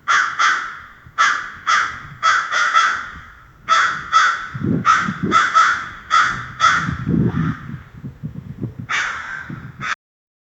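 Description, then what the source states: Crow repeating harsh, grating caws in rapid runs, with a low rumbling noise underneath during the middle stretch before the calls stop abruptly. Crow screaming loudly.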